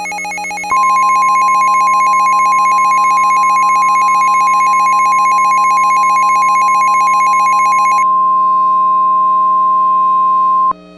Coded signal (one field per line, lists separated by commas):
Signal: Emergency Alert System (SAME) tones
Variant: 1050 Hz attention tone